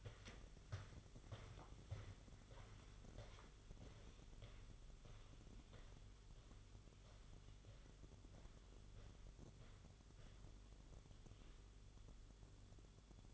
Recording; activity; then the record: daily activity, microphone in the room; walk to room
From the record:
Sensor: 4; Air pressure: 1008.9 hPa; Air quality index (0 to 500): 140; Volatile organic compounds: 2 ppm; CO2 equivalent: 1015 ppm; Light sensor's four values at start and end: 11/25/10/9 and 14/32/13/12